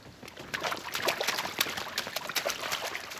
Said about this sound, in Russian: Рукомойники в уборной для девочек расположены кругом в центре помещения. Все краны открыты. Из переполненных раковин на пол льется вода.